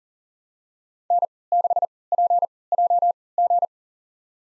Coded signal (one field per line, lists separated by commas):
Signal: Morse code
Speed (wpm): 40 wpm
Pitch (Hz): 700 Hz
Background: none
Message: N6PJG